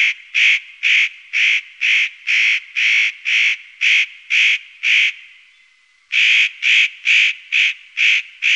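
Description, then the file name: Spotted nutcracker giving harsh, rasping calls repeated about twice a second, with a short pause before the series resumes. "Notkraka"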